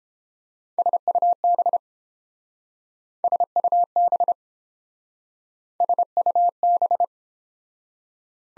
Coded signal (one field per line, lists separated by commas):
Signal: Morse code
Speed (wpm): 28 wpm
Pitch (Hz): 700 Hz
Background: none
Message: SUB SUB SUB